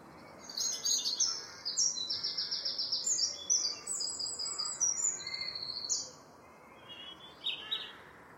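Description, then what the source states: Common blackbird calling with rapid, high, chirpy notes in dense runs for about six seconds, then a pause and a couple of short final chirps over soft background noise. Chirpy calls recorded in a residential area at Lacock Abbey, UK.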